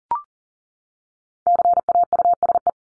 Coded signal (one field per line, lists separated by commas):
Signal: Morse code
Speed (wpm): 40 wpm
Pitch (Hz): 700 Hz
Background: none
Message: CAUSE